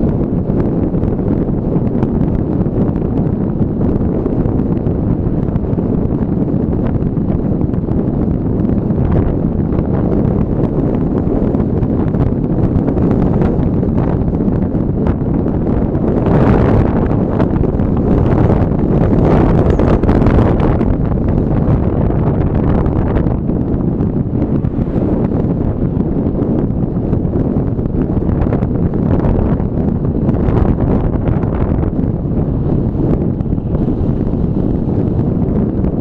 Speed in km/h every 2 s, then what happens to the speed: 28, 28, 28, 28, 28, 28, 28, 28, 28, 28, 28, 29, 28, 28, 29, 29, 30, 31.
0-36 steady at about 28.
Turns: none.